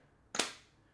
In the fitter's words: Whoa, solid click on there.